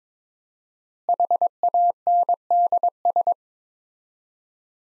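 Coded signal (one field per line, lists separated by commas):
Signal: Morse code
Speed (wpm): 22 wpm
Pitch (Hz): 700 Hz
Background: none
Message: HANDS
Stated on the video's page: Morse practice set of five-word groups at 22 wpm with 4x word spacing, a Farnsworth-like method using words, for head-copy training.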